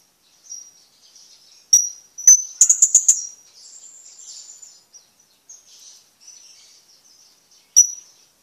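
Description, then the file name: Hanging parrot with sharp high shrieks and a quick run of clipped notes, then soft high twittering and one last shrill call. "suara burung serindit"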